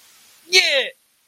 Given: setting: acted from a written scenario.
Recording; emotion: vocal sound without words; triumph